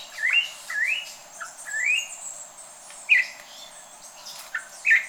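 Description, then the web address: Campo troupial calls: a series of rising, slurred whistles, followed by sharper short notes near the end. "Campo Troupial. صدای-پرنده-پری-نارنجی-کامپو"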